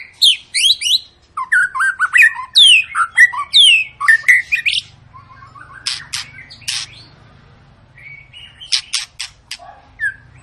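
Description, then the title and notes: White-rumped shama song opening with loud repeated downslurred whistles, then quieter chatter, sharp clicks and a brief closing whistle. Long lure song (pancingan), used to make birds sing. "Pancingan Murai Batu Gacor Panjang. muraiku"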